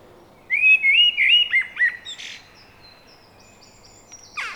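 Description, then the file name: Common blackbird song: a mellow fluted warble of slurred notes, ending in a brief high, scratchy twitter, with a further squeak near the end. "Turdus merula"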